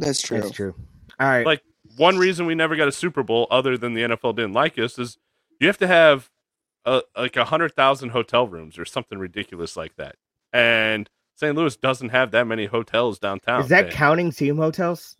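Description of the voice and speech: Fluent, ordinary conversational adult male speech with natural pauses, and brief replies from a second speaker.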